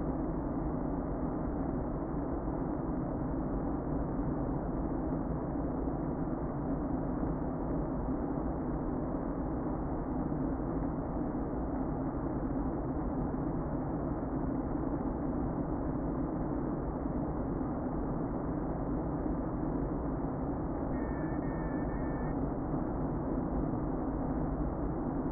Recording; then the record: honeybee colony, microphone inside the hive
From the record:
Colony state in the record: queen present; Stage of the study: before two queens were removed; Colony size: about 60,000 bees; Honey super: yes